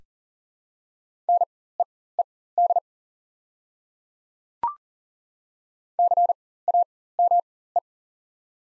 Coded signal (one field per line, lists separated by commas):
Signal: Morse code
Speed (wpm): 37 wpm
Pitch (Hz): 700 Hz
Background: none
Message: NEED CAME